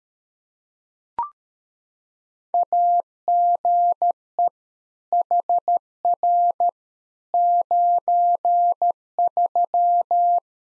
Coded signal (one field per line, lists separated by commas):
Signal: Morse code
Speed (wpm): 13 wpm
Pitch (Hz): 700 Hz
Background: none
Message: AGE HR 93